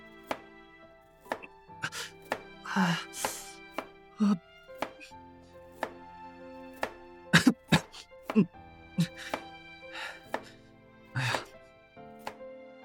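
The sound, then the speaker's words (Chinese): Irregular sharp knife chops on a cutting board as vegetables such as onion and potato are cut into small pieces for curry, uneven in rhythm with brief pauses, over a steady low background tone, plus a few soft rustling and throat-like sounds. “白思君从不知道，切菜竟然是这么烦人的一件事情。”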